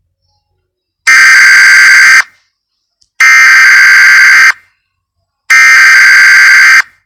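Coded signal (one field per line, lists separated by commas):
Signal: Emergency Alert System (SAME) tones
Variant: header bursts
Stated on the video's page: Fictional mini scenario made with EAS tones.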